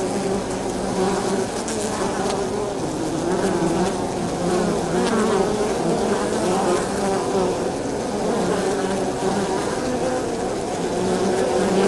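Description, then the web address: Bees buzzing as a dense, steady hum with droning tones that waver and overlap throughout. Bees at the exterior of a hive, landing zone at the entrance, recorded very close in stereo. "sonniss gdc audio. bees hive exterior landing zone very close stereo"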